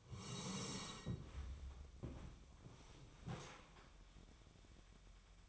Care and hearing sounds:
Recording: daily activity, microphone in the room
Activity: sit down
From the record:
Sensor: 1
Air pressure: 1000.5 hPa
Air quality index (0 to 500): 176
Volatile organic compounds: 4 ppm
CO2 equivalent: 1632 ppm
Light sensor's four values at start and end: 13/30/13/14 and 12/30/12/14

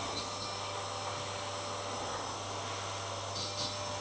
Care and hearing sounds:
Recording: daily activity, microphone in the room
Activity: vacuum cleaning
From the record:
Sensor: 3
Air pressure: 1007.7 hPa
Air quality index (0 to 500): 49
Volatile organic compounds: 1 ppm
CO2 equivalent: 576 ppm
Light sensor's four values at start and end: 9/22/9/9 and 9/22/9/9

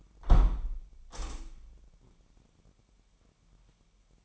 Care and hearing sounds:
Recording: daily activity, microphone in the room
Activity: close window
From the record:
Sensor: 1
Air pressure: 998.0 hPa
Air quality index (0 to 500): 131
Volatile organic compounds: 4 ppm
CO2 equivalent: 1567 ppm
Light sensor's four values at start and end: 17/56/22/23 and 17/56/23/23

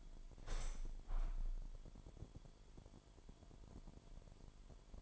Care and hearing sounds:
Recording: daily activity, microphone in the room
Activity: open window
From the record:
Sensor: 5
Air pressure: 998.7 hPa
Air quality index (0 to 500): 99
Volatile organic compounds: 2 ppm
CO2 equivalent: 1142 ppm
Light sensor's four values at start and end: 33/80/33/38 and 33/80/33/38

